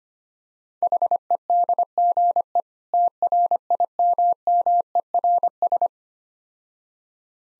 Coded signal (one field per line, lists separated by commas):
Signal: Morse code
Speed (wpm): 25 wpm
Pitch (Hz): 700 Hz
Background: none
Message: HEDGE TRIMMERS